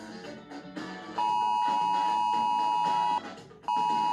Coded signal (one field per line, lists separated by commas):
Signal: Emergency Alert System (SAME) tones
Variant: 853 and 960 Hz attention tone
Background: music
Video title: those times the EAS messed up